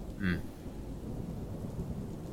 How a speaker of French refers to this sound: Quand même assez couvert par le bruit du tonnerre au-dessus de vous.